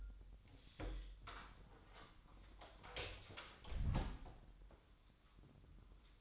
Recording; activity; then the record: daily activity, microphone in the room; close door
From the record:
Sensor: 3